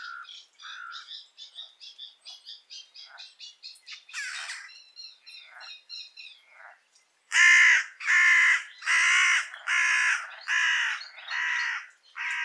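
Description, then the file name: Carrion crow calls: a stretch of quieter clipped notes and chatter, then a series of loud, rasping caws. "Corvus corone"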